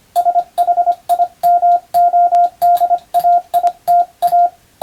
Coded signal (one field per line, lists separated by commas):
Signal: Morse code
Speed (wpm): 25 wpm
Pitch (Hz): 700 Hz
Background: radio noise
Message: SHIMODAITA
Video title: スマホ時代の今でも行われているモールスの国家試験の練習風景です。通信技術の原点！アマチュア無線ハムの受信練習にもどうぞ(morse code practice for radio operator )